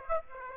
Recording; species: mosquito wingbeat signal from an infrared sensor; Aedes aegypti